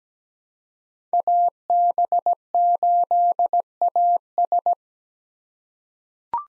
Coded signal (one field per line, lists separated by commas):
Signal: Morse code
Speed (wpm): 17 wpm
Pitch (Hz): 700 Hz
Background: none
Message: AB8AS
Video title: 2023 POTA Activator Call Signs - 17wpm